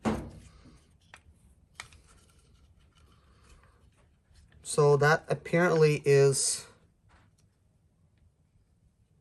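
On a Freightliner Sprinter 3.0L OM642, a plastic intake swirl flap connecting rod is pressed onto its manifold lever ball stud, giving a sharp click at 1.8 s amid a few fainter taps. Someone then talks, and the rod turns out not to be fully snapped on.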